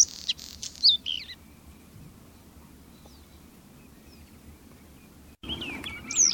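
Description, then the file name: Bluethroat song: short bursts of high, varied twittering and sharp whistled notes at the start, a long quiet gap, then another high, rapid phrase at the end. "blauwborst"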